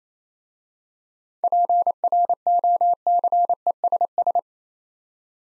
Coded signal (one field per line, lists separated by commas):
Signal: Morse code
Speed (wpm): 28 wpm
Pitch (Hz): 700 Hz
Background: none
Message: PROCESS